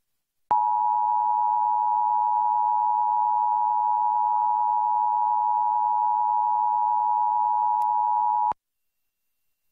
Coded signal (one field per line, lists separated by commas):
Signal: Emergency Alert System (SAME) tones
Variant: 853 and 960 Hz attention tone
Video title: EAS Required Monthly Test [11/8/2023]